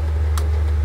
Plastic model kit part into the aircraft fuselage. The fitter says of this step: を押してください、ああ、それさえもカチッとはまりました